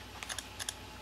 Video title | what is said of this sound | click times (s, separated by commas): Make your own iPad 2 smart cover | I can hear the click I don't know if the camera is going to pick up the clicking noise | 0.7 s